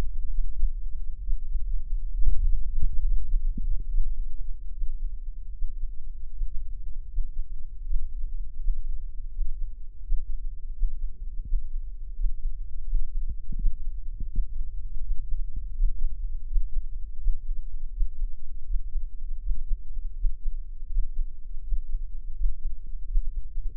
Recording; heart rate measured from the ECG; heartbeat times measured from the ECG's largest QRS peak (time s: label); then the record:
heart sounds by microphone in the left ear; 79 bpm
0.29 s: heartbeat
1.21 s: heartbeat
2.12 s: heartbeat
3.01 s: heartbeat
3.87 s: heartbeat
4.70 s: heartbeat
5.51 s: heartbeat
6.29 s: heartbeat
7.06 s: heartbeat
7.82 s: heartbeat
8.56 s: heartbeat
9.29 s: heartbeat
10.00 s: heartbeat
10.71 s: heartbeat
11.42 s: heartbeat
12.13 s: heartbeat
12.83 s: heartbeat
13.55 s: heartbeat
14.27 s: heartbeat
15.00 s: heartbeat
15.72 s: heartbeat
16.45 s: heartbeat
17.17 s: heartbeat
17.90 s: heartbeat
18.63 s: heartbeat
19.39 s: heartbeat
20.14 s: heartbeat
20.87 s: heartbeat
21.61 s: heartbeat
22.33 s: heartbeat
23.05 s: heartbeat
23.75 s: heartbeat
From the record:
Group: healthy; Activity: Valsalva maneuver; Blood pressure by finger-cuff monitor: 102/72 mmHg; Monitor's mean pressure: 80 mmHg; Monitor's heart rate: 81 bpm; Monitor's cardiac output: 6.9 L/min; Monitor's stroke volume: 84 mL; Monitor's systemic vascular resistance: 840 dyn s/cm5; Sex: male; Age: 57 years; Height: 188 cm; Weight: 106 kg